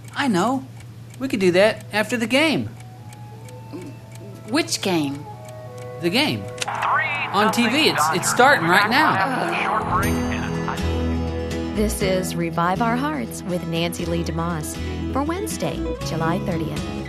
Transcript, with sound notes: I know, we could do that after the game.
Which game?
The game (sound of TV being turned on and baseball game announcer in the background) on TV, it’s starting right now.
This is Revive Our Hearts with Nancy Leigh DeMoss for Wednesday, July 30.